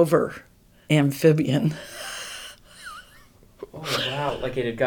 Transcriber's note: laughs